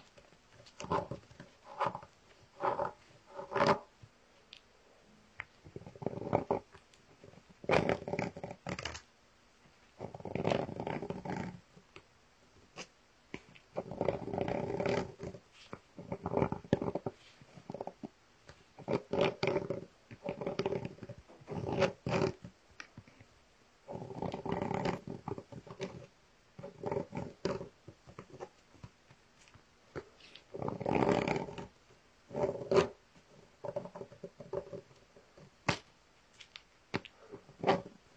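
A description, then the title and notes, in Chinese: A Rubik's cube is twisted, with quick plastic clacks and short rasping turns. The turns come in bursts of a second or two, separated by brief pauses, and continue irregularly throughout. 3D环绕触发音。魔方。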